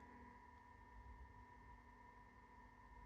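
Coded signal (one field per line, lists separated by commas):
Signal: FT8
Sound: several faint steady whistling tones over hiss and low rumble, continuous throughout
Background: radio static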